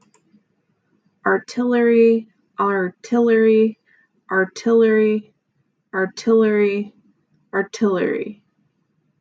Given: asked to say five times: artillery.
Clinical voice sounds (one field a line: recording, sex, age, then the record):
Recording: repeated word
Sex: female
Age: 30 to 39 years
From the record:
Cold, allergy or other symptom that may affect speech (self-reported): no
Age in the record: 37 years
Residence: California, United States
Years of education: 16